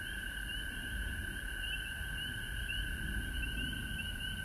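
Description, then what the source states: Frog chorus with clear repeated chirps over a steady trilling background and a noticeable low rumble. Recorded at home in Georgia on March 19, 2020.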